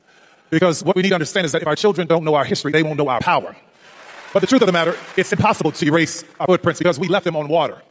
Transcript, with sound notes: because what we need to understand is that if our children don't know our history, they won't know our power. (audience cheering) But the truth of the matter, it's impossible to erase our footprints because we left them on water.